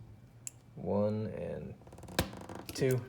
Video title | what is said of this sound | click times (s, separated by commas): MachineWise Sasori and Tottori Balisongs: Assembly Guide for Zippy Spacers and Balance Inserts | and then just snap right into place | 0.5 s